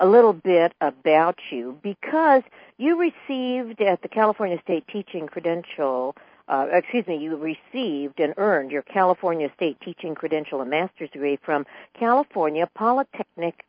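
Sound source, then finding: Adult speaker. Normal voice.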